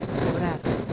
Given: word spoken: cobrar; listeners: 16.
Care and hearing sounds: one Spanish word in noise, from a listening test; noise modulated by three-talker babble; -5.0 dB; 4 of 16; 6 of 16; 0.53 s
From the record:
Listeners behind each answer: 6, 4, 2, 1, 1, 1, 1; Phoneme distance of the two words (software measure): 17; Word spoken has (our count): 2 syllables, 6 phonemes, stress on syllable 2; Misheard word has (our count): 2 syllables, 5 phonemes, stress on syllable 2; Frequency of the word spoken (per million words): 17.23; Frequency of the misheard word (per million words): 28.21

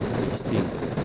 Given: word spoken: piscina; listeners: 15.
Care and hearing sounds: one Spanish word in noise, from a listening test; noise modulated by three-talker babble; -4.1 dB; 1 of 15; 7 of 15; 0.64 s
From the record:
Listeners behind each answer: 7, 2, 1, 1, 1, 1, 1, 1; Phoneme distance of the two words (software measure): 37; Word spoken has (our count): 3 syllables, 7 phonemes, stress on syllable 2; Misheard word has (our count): 3 syllables, 8 phonemes, stress on syllable 2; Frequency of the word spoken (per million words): 13.75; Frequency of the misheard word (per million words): 46.53

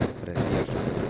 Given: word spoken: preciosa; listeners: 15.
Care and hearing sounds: one Spanish word in noise, from a listening test; noise modulated by three-talker babble; -7.0 dB; 1 of 15; 11 of 15; 0.70 s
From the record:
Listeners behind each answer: 11, 1, 1, 1, 1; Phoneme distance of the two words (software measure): 10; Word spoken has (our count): 3 syllables, 8 phonemes, stress on syllable 2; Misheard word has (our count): 3 syllables, 8 phonemes, stress on syllable 2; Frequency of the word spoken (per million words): 7.70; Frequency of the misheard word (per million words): 8.79

